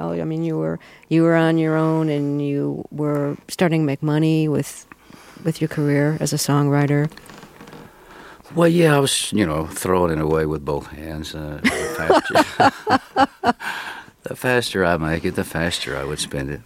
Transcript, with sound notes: I mean, you were on your own and you were starting to make money with your career as a songwriter.
Well, yeah, I was, you know, throwing it away with both hands. (Soundbite of laughter) The faster I'd make it, the faster I would spend it.